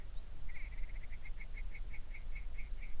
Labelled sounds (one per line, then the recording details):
songbird
grouse or ptarmigan
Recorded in the Prudhoe Bay oil fields, Alaska, on 11 June 2019 at 04:35
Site 21